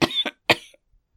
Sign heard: Woman cough.